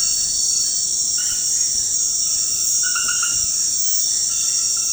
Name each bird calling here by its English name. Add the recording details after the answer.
none. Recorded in dense forest near Puerto Asís, Putumayo, Colombia, on 20 February 2024 at 01:00. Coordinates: 0.472, -76.329. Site G6394